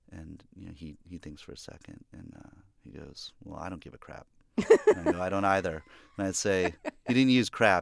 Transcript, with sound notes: And, you know, he thinks for a second, and he goes, well, I don't give a crap.
(Laughter).
And I go, I don't either. And I say - he didn't use crap,